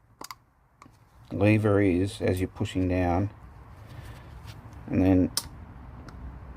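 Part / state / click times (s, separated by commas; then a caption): fuel pump diaphragm onto its actuating lever / seated / 6.1 s. A mechanical fuel pump diaphragm on a 1964 EH Holden ute is lined up and pushed down onto its actuating lever during reassembly while someone talks. A few short ticks sound near the start, then a single sharp click at 6.1 s marks the diaphragm seating onto the lever.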